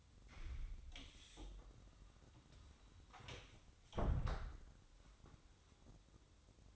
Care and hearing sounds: daily activity, microphone in the room; close door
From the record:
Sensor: 3

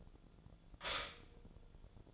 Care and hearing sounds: daily activity, microphone in the room; stop toaster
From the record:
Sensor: 5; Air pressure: 1009.4 hPa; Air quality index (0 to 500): 168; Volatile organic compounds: 4 ppm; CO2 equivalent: 1626 ppm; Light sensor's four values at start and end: 90/238/97/102 and 90/238/97/102

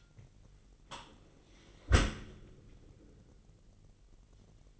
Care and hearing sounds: daily activity, microphone in the room; close dishwasher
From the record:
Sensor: 4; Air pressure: 999.2 hPa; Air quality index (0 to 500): 123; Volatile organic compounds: 2 ppm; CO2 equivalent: 1206 ppm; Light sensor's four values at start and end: 8/19/7/8 and 7/18/7/8

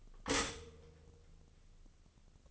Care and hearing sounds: daily activity, microphone in the room; stop toaster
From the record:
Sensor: 4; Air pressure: 1007.8 hPa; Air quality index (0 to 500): 103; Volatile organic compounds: 1 ppm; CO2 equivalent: 766 ppm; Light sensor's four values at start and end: 9/20/8/8 and 9/21/8/8

